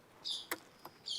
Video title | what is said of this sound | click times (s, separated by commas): 😱2025 Accessல இப்படி ஓரு Update இதை எதிர்பாக்கலை - Suzuki Access 125 Tamil Review -Tamil Bike Review | hand brake எப்படி பிடிக்கும் அப்படின்னாக்கா, இது போட்டுடணும் நமக்கு. ஆட்டோமேட்டிக் லாக் ஆகிடும் | 0.5 s